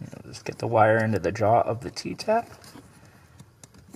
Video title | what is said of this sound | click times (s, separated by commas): GM RZY Harness for Tow Mirror Install (2014 1500 & Early 2015 Silverado/Sierra) | you'll fold it over until you feel it click if | 3.6 s